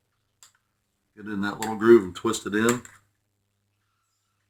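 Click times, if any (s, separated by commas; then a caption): 0.4 s. A wire circlip is twisted by hand into the groove inside the piston pin boss of an MS660 chainsaw piston, without the wrist pin available to push it in. A sharp snap at 0.4 s marks the circlip seating in the groove, followed by a faint tick. Afterward someone talks.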